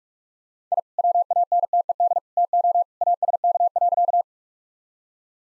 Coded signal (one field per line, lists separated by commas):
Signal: Morse code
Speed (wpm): 46 wpm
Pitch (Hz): 700 Hz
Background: none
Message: I WANTED TO ASK.